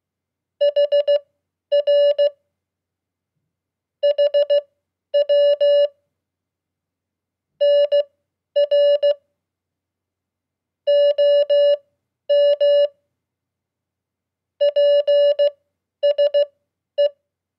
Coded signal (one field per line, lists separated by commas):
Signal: Morse code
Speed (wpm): 16 wpm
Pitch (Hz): 580 Hz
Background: none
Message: HR HW NR OM PSE